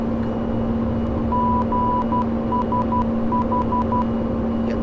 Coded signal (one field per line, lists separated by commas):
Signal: Morse code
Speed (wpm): 12 wpm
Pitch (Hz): 990 Hz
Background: none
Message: GSH